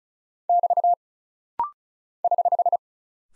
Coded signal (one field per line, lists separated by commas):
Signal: Morse code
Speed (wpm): 36 wpm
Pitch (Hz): 700 Hz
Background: none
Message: <BT> <HH>